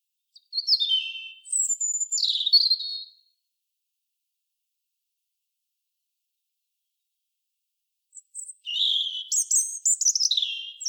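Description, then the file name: European robin song: a high, varied phrase of thin whistles and trills, then a long silence before a second, richer jumbled phrase; no other sounds. "Erithacus rubecula"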